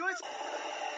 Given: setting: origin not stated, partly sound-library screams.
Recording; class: one-second piece from a danger detection set; woman in danger